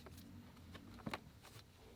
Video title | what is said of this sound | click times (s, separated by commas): Subaru Forester Cabin Air Filter Replacement (2014-2018) | One of the tabs on mine didn't seem to lock into place, but the other 3 were. | 1.1 s